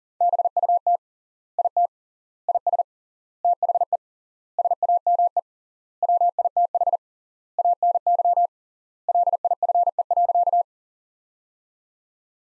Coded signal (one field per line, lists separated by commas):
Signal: Morse code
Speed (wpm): 37 wpm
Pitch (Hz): 700 Hz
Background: none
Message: BUT IT IS THE SAME WITH ANY LIFE.